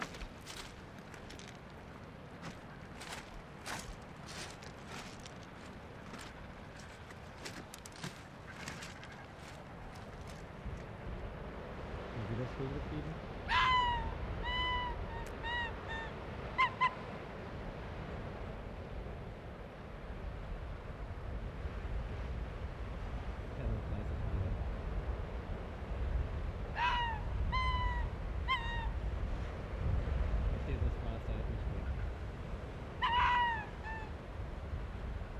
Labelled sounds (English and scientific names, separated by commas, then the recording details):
Arctic Fox (Vulpes lagopus)
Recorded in the wild
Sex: pair
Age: adult
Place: Insel Mednyi, Kommandeur-Inseln, RU
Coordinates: 54.5167, 168.083
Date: 1999-07-24
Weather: Nebel, 500 m Sicht, 8°C
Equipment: Sony WM-D6C, Sennheiser MKH 70, Windkorb, Kopie Tascam DA 30
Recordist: Frommolt, Karl-Heinz
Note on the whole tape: Nördlich Kap Dlinnyi: "wa"-Laute von Polarfuchsfähe (Alopex lagopus) links Gelb/Orange 37 an der Höhle, Entfernung 20-30 m. Antwort des Rüden rechts Rot/Rot 40 (Uli) - Entfernung 40 m. Uli war aus südlicher Richtung gekommen. Er sitzt auf Felsen in ca. 20 m Höhe. Bewege mich anschließend Richtung Kap Dlinnyi. Uli folgt, äußert "wa"-Laute und anschließend Bellstrophen. Am Ende der Aufnahme nach der Ansage "9.26 Uhr" 2:34 min herausgeschnitten